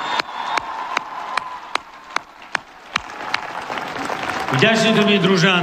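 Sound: audience applause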